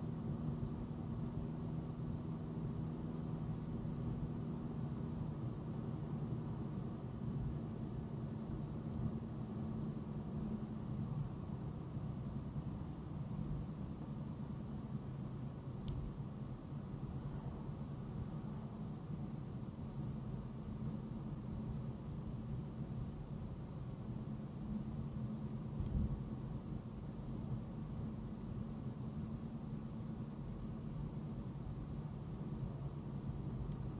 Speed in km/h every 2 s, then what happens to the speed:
77, 77, 77, 77, 77, 74, 69, 69, 66, 64, 63, 63, 63, 64, 66, 66, 66.
0-8 steady at about 77. 8-19 slows to 63. 19-34 steady at about 64.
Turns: none.